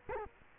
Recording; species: mosquito wingbeat signal from an infrared sensor; Culex quinquefasciatus